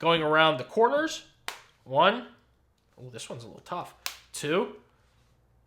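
Someone talks while pressing the corners of a clear plastic Otterbox Lumen case, one by one, onto a natural titanium iPhone 16 Pro Max; the second corner is tight. Short, sharp taps are heard between the speech, but nothing has seated or clicked yet.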